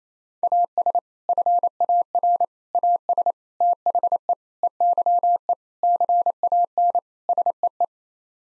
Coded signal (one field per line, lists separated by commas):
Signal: Morse code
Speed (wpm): 28 wpm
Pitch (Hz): 700 Hz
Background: none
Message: AS FAR AS THE EYE CAN SEE